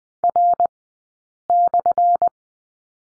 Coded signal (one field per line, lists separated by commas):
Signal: Morse code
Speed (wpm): 20 wpm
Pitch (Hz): 700 Hz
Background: none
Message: R/